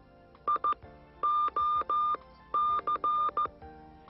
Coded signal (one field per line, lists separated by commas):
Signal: Morse code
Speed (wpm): 14 wpm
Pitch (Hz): 1200 Hz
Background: none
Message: I O C